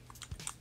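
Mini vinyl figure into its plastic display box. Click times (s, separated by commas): 0.5 s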